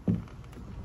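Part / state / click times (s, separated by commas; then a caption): plastic AC vent into Jeep dash vent housing / not seated / none. A new plastic turbo AC vent with its cable fitted is handled in the dash vent housing of a Jeep JK, being pushed down and turned toward its locking point. A soft knock near 0.1 s is followed by faint scraping and light handling noises. Nothing has seated or clicked yet.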